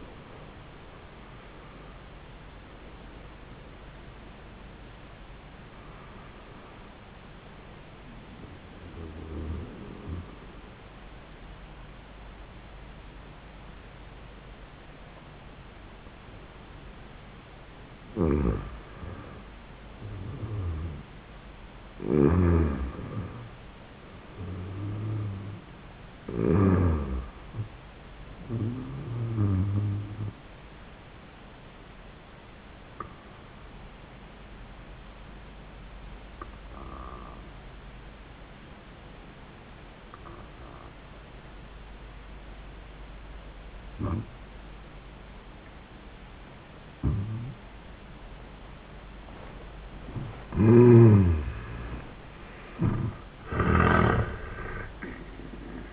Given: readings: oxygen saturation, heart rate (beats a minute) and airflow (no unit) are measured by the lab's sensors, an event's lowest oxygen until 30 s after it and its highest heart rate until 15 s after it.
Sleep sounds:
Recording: breathing in sleep by a voice recorder at the bedside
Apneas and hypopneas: 2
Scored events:
9.00-22.10 s: hypopnea (N1, oxygen 98% highest, then 91% lowest, heart rate 104 at the start, 104 highest)
34.00-50.80 s: obstructive apnea (N1, oxygen 97% highest, then 84% lowest, heart rate 80 at the start, 93 highest)
From the record:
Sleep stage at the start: N1 (lightest sleep)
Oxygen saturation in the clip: 87 to 98%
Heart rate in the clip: 80 to 104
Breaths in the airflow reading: 7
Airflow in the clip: -29.6 to 28.6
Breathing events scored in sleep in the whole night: 400 in 8.7 hours asleep

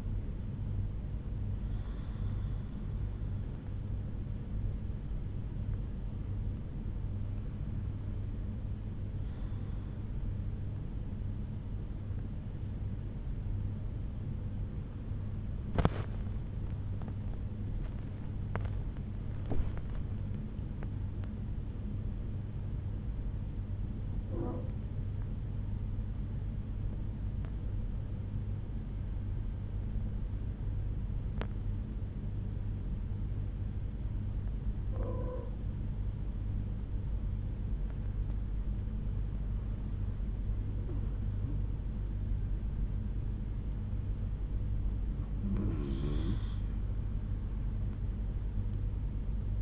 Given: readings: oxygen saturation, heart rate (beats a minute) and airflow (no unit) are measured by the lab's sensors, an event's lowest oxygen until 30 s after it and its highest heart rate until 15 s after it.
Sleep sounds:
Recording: breathing in sleep by a smartphone at the bedside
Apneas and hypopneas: 1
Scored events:
25.00-44.70 s: hypopnea (N2, oxygen 95% highest, then 91% lowest)
From the record:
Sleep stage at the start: N2 (light sleep)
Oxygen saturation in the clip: 92 to 95%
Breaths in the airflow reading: 7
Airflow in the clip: -6.5 to 5.9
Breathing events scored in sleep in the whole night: 368 in 8.0 hours asleep

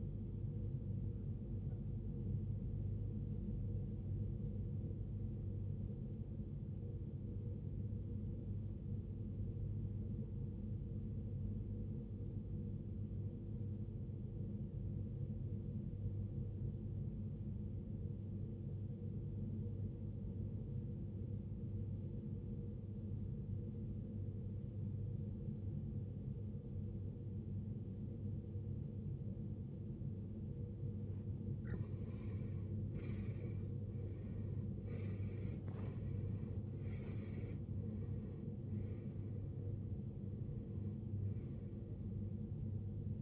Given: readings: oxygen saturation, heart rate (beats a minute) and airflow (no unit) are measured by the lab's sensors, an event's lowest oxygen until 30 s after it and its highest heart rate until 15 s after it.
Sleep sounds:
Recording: breathing in sleep by a smartphone at the bedside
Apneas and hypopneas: 1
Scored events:
4.00-30.80 s: obstructive apnea (REM, oxygen 94% highest, then 78% lowest, heart rate 53 at the start, 78 highest)
From the record:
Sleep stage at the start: REM sleep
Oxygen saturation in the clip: 79 to 94%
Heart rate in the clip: 52 to 78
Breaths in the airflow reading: 5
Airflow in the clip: -15.8 to 15.7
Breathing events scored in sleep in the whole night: 389 in 6.3 hours asleep

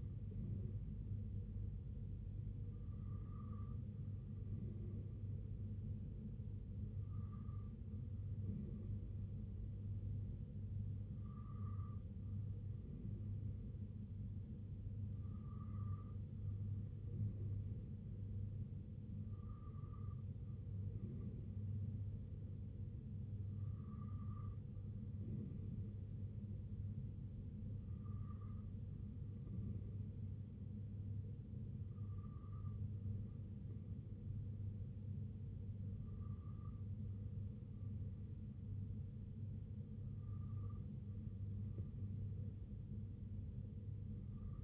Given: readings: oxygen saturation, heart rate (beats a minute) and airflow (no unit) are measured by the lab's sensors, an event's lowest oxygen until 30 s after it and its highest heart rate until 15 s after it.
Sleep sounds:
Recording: breathing in sleep by a smartphone at the bedside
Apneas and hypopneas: none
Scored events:
none scored
From the record:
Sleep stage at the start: N3 (deep sleep)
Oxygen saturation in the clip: 93%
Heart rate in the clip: 63 to 69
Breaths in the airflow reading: 10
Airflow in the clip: -2.7 to 1.5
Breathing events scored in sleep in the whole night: 258 in 7.4 hours asleep

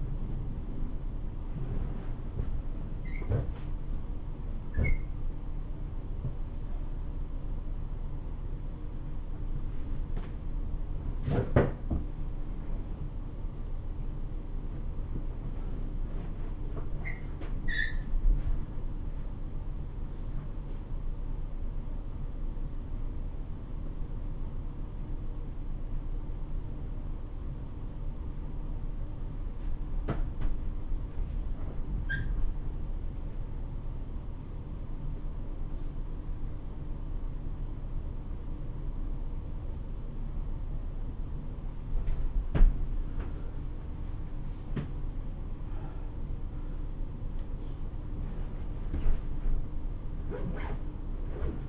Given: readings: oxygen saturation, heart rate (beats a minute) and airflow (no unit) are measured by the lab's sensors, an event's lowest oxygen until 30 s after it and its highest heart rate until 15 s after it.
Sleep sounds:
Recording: a person awake in a sleep study, by a smartphone at the bedside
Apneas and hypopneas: none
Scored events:
0.00-51.69 s: awake
From the record:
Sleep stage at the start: awake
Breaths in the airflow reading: 15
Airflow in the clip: -0.7 to 0.7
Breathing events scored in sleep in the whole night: 304 in 5.6 hours asleep

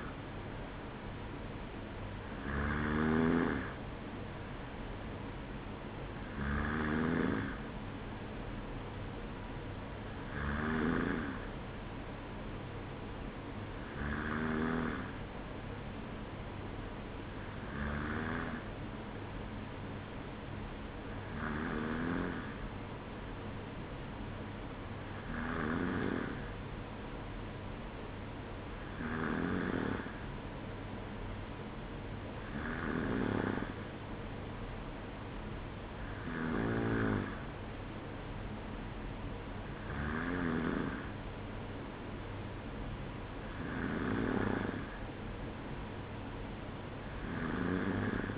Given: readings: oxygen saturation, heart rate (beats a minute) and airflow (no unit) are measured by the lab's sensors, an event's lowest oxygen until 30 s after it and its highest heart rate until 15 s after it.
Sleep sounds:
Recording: breathing in sleep by a voice recorder at the bedside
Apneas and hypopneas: none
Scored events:
none scored
From the record:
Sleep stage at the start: N2 (light sleep)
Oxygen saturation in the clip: 93 to 94%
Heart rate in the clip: 53 to 55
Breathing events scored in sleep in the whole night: 305 in 9.6 hours asleep

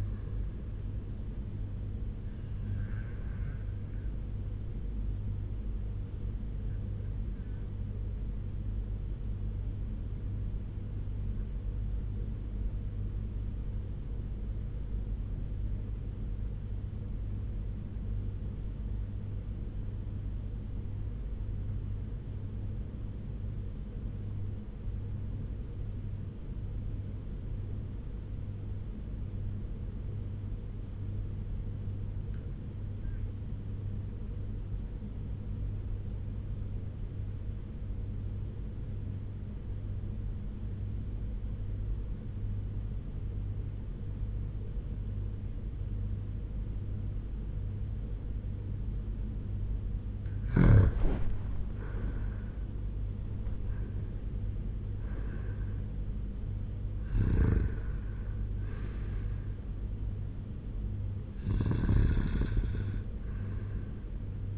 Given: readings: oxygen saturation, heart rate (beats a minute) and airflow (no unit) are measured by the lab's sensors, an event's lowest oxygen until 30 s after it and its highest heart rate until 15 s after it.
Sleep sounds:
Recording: breathing in sleep by a smartphone at the bedside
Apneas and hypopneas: 1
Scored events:
8.00-50.00 s: obstructive apnea (N1, oxygen 96% highest, then 86% lowest, heart rate 79 at the start, 94 highest)
From the record:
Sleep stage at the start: N1 (lightest sleep)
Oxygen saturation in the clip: 87 to 96%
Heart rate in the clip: 76 to 94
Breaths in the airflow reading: 4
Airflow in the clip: -10.4 to 7.1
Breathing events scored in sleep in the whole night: 201 in 6.5 hours asleep

